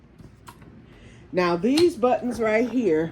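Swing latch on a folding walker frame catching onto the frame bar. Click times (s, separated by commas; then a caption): 0.5 s. A small swing latch on the folded-flat frame of a mobility walker catches onto the frame bar and clicks into place at 0.5 s, locking the frame. A fainter knock follows at about 0.6 s, and then someone talks.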